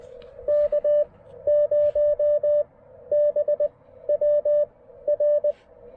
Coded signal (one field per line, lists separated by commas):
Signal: Morse code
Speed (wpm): 19 wpm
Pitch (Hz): 590 Hz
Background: none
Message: K0BWR